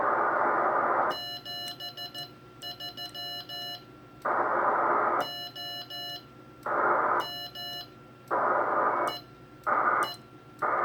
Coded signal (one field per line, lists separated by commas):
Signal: Morse code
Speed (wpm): 14 wpm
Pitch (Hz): 2900 Hz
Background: radio noise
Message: 73 O M E E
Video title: Fred's First CW QSO since 1979 - Today, July 2, 2021